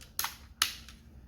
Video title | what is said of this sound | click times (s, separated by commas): Edoggz Review: Tobot Galaxy Detectives Season 3- #03 Jet Thunder | We want to slide these back one until it clicks into place, | 0.2 s, 0.6 s